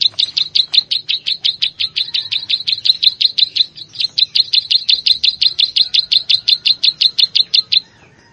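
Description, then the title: Plain Prinia delivering a steady stream of sharp, dry ticks, roughly three a second, with one brief hitch midway, ending abruptly before silence. "Ciblek Sawah"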